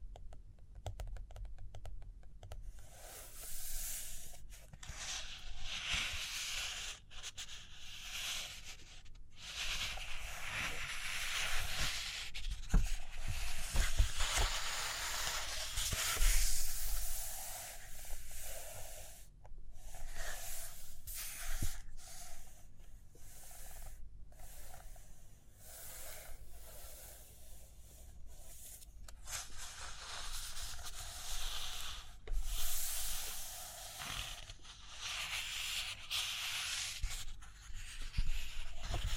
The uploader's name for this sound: Page Turning and Tapping, Writing, Drawing